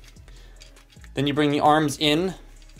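A plastic Transformers One Leader Class Optimus Prime action figure is handled in vehicle mode as its arm pieces are brought in, with faint plastic ticks around 0.3, 0.6, 0.8 and 1.0 seconds. Someone talks from about 1.2 to 2.3 seconds. The arms' plastic tabs have not yet snapped together, so nothing has seated yet.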